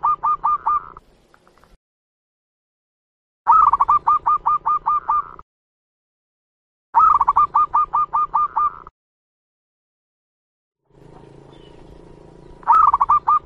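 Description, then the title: Zebra dove singing four phrases of quick, evenly stuttered coos, the first and last cut short and the middle two about two seconds long, with pauses of near silence between them. Master zebra dove song, presented as a sound that prompts other zebra doves to join in and sing (manggung). "Perkutut Mana Yang Nggak Ikut Manggung Dengar Suara Perkutut Masteran Ini"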